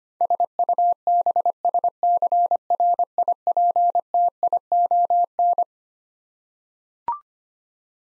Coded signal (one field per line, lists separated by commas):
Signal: Morse code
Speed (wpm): 25 wpm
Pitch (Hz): 700 Hz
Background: none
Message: SUBSCRIPTION